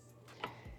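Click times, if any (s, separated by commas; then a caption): 0.4 s. A quick-change lock bushing is gripped with large pliers and twisted into a reloading press head. A single sharp click at 0.4 seconds, followed by a faint low thud near 0.7 seconds, marks the bushing locking in and seated.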